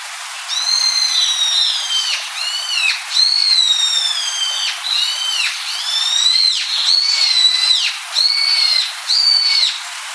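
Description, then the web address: Brown-eared bulbul calls: loud, shrill whistled notes that arch up and slur down, given in uneven bursts with brief pauses between them. "sikioto. hiyodori"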